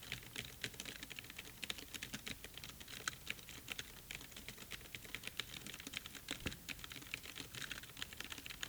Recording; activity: daily activity, guitar pickup as the sensor; type